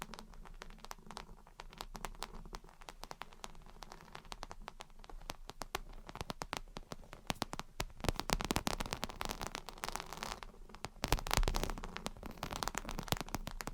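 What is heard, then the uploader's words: Gentle tapping and scratching runs throughout as a dense stream of quick, crisp clicks and scrapes, patter-like, with a low steady hum underneath. The activity grows busier and louder after about eight seconds, with the strongest bursts near eleven seconds. Gentle Tapping and Scratching. (No Talking).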